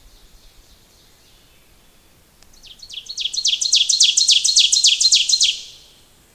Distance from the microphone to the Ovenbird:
about 5 m